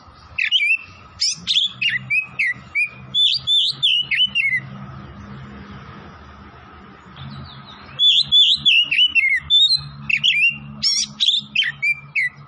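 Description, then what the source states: Oriental magpie-robin song: loud, varied whistled phrases with rapid sweeping notes in two bursts separated by a quiet pause. Oriental magpie-robin (kacer) from Tretes, singing vigorously (gacor).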